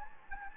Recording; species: mosquito wingbeat signal from an infrared sensor; Anopheles gambiae